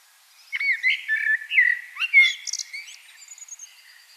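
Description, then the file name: Common blackbird song, a smooth series of rich flute-like warbling notes that trail off into thin, high squeaky twitters. "Turdus merula"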